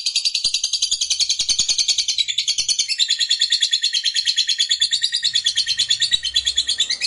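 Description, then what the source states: Lovebird singing a continuous, rapid, high-pitched chattering trill that runs without pause. Fighter lovebird singing energetically (gacor).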